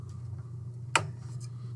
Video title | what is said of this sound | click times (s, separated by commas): Unit 2 - Install the Power Cables. | and now it clicked into place | 1.0 s